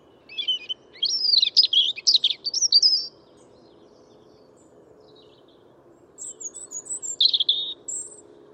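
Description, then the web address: European robin song: a rich burst of varied warbling and trilled notes, a long pause, then thin high whistles and a second short tumbling phrase. "Deverinetal 2025 File origin Bird Only Er Ru"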